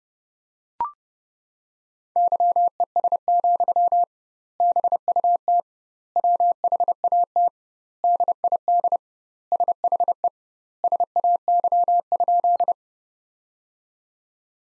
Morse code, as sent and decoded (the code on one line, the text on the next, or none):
-.-- . ... --..-- / -... ..- - / .-- .... .- - / -.. .. -.. / ... .... . / ... .- -.-- ..--..
YES, BUT WHAT DID SHE SAY?